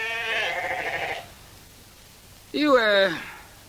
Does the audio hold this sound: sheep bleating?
yes